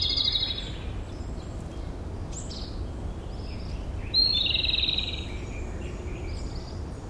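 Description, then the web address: Japanese robin song: two loud, rattling trilled phrases on one high pitch, one at the start and one after four seconds, with faint softer bird notes between and steady background hiss. Song heard on 16 April 2012. "abarazemi Japanese Robin"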